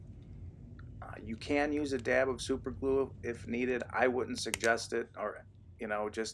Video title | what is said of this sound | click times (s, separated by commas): How to Replace Battery for WF-1000XM3 Sony Wireless Ear Buds Earbuds Repair Replacement Fix Change | So this cover just snaps right into place. | 0.8 s, 1.0 s